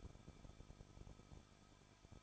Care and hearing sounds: daily activity, microphone in the room; no activity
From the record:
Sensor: 5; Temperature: 20.7 degrees Celsius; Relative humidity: 38.6%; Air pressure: 1006.5 hPa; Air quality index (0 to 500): 191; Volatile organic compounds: 20 ppm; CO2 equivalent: 2701 ppm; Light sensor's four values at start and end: 2/3/1/1 and 2/3/1/1

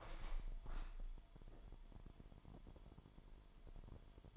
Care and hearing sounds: daily activity, microphone in the room; open window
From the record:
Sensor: 5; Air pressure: 998.0 hPa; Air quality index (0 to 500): 96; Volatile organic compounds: 2 ppm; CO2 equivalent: 1103 ppm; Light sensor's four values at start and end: 26/63/26/29 and 26/63/26/29

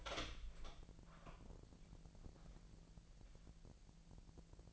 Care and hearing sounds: daily activity, microphone in the room; open door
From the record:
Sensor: 5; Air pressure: 1001.4 hPa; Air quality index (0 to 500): 249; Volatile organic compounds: 35 ppm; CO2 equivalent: 3066 ppm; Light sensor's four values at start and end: 38/87/35/34 and 38/87/35/34

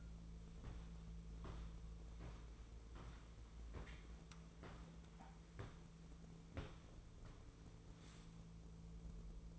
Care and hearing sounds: daily activity, microphone in the room; walk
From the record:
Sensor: 1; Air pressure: 1005.4 hPa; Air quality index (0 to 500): 122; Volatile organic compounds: 5 ppm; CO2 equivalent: 1713 ppm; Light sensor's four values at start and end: 11/27/11/11 and 11/27/11/12

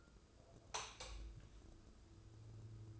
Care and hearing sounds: daily activity, microphone in the room; light off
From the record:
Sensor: 2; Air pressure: 995.1 hPa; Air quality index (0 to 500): 70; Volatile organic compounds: 2 ppm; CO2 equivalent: 1207 ppm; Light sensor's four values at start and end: 12/35/14/14 and 8/18/7/8

